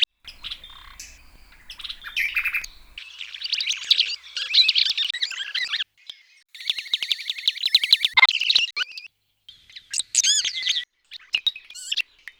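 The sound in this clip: Bird singing a varied, high-pitched song of chirps, trills and squeaky notes in uneven bursts, broken by brief pauses and clicking noises.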